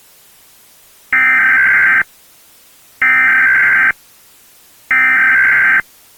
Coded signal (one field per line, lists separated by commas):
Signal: Emergency Alert System (SAME) tones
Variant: header bursts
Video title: EAS Scenario | Lights Out